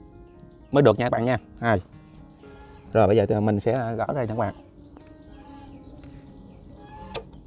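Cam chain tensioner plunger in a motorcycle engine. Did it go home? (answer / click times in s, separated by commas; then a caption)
released / 7.1 s. Someone talks while removing the cam chain tensioner from a Honda Winner X motorcycle engine, followed by quieter handling noises. At 7.2 s the spring-loaded tensioner plunger releases and pushes out with a sharp metallic click.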